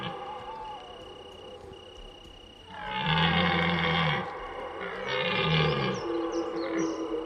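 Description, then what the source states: Red deer roaring, a few deep rasping bellows after a quieter start, with a steady high insect hum throughout. Rutting roar (berrea) recorded at night; crickets also audible.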